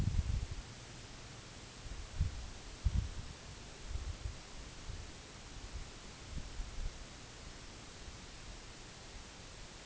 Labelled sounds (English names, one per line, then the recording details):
none
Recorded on Arctic tundra, site NAIT-1, on 2 July 2019
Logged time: 18:00